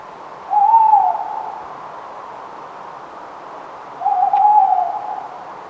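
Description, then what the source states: Tawny owl hooting: two steady, mid-pitched hoots, each around a second long, about three and a half seconds apart, over a faint background hiss. More than one owl; Somerset, 28 August 2017, at night around 01:25.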